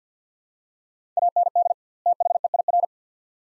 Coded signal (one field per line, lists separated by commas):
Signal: Morse code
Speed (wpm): 49 wpm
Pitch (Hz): 700 Hz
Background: none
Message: AND THEIR